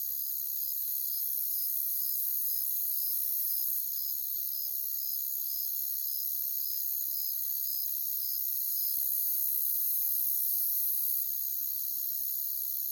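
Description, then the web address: Cricket chirps, brief bright pulses about twice each second in an even rhythm, layered on a continuous shrill insect drone throughout. "Sounds of Nature Collection. Crickets"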